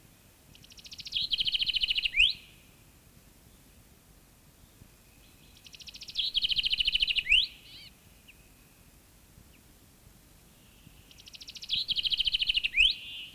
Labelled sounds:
Common Chaffinch song
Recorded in the wild
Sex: male
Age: adult
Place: Goslar, OT Hahnenklee, Oberharz, Niedersachsen, DE
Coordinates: 51.8644, 10.3308
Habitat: forest
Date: 1965-04-12
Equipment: Uher 4000 Report-S, Bändchenmikro Beyer M 260, Parabolspiegel Polyester (470 mm)
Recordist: Conrads, Klaus

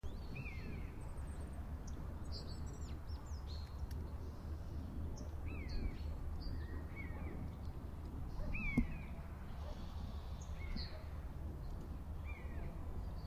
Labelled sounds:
Common Buzzard call
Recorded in the wild
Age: adult
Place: Bad Sulza, Thüringer Becken, Thüringen, DE
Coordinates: 51.0892, 11.6394
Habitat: mixed forest
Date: 2012-03-10 16:08
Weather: 6°C, cloudy, moderate winds
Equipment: Sound Devices 702, Sennheiser MKH 415 T, Rhode Windschutz
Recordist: Frommolt, Karl-Heinz

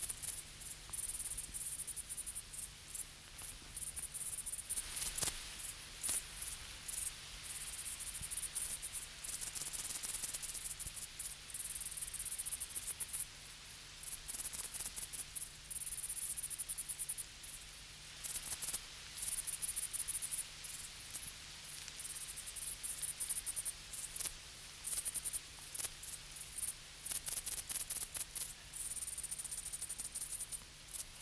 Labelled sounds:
Dark Bush-cricket stridulation
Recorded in the wild
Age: imago
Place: Treuchtlingen, Heumöderntal, Bayern, DE
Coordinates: 48.96, 10.91
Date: 1993-08-30 20:10
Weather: bedeckt (auch Regen) 13°C
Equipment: Marantz CP 430, Sennheiser MKH 416 T, Kopie Uher Variocord 263
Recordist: Tembrock, Günter

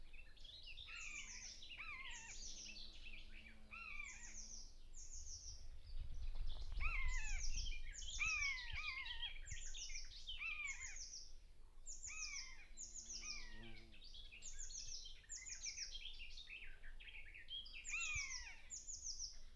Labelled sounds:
Common Buzzard call
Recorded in the wild
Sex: pair
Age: adult
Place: Lohm, Havelland, Brandenburg, DE
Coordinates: 52.8839, 12.3572
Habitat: grassland
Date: 2007-05-19 06:05
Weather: heiter, 10°C, schwacher Wind
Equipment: Sound Devices 702, Sennheiser MKH 416-T, Windkorb
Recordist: Frommolt, Karl-Heinz

